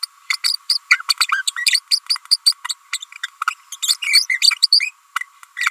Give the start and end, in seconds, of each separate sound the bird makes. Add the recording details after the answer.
0.03-0.05, 0.30-0.33, 0.44-0.53, 0.69-0.78, 0.91-0.96, 1.08-1.13, 1.20-1.25, 1.32-1.42, 1.47-1.50, 1.70-1.79, 1.91-1.99, 2.09-2.16, 2.31-2.36, 2.46-2.52, 2.69-2.73, 2.92-2.97, 3.50-3.54, 3.72-3.76, 3.82-3.94, 4.41-4.51, 4.62-4.67, 4.80-4.91, 5.57-5.66. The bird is a female. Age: 30 days. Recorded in a nest box in Venezuela. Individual 17B42A4